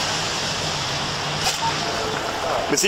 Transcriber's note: mechanical noise; gunshot